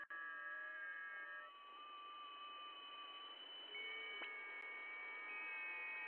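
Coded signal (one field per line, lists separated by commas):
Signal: FT8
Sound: several faint overlapping steady warbling tones at different pitches over hiss, one brief click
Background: radio static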